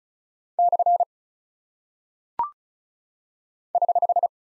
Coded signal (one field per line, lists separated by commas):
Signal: Morse code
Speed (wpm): 36 wpm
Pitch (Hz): 700 Hz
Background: none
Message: / <HH>